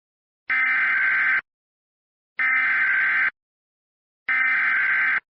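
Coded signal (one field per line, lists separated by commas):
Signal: Emergency Alert System (SAME) tones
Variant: header bursts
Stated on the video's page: Joke EAS alert captured from DirecTV with a poor-quality capture card.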